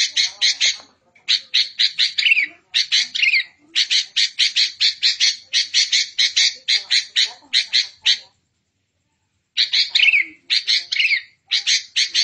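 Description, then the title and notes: Songbird song: long runs of harsh, buzzy notes delivered in rapid bursts, with brief pauses between phrases and one longer gap near the end. Training song for captive songbirds to learn from. "MASTERAN BURUNG. suarane manok"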